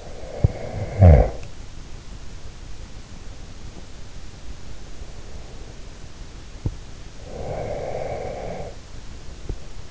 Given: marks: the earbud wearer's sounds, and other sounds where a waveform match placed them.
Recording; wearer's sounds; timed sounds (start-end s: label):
sounds in sleep by an in-ear microphone; snoring breath, breath
0.00-1.62 s: snoring breath
7.11-9.03 s: breath